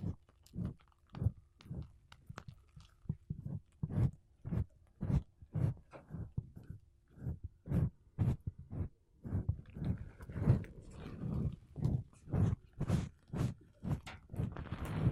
Mic Brushing Using Makeup Brushes and Sponge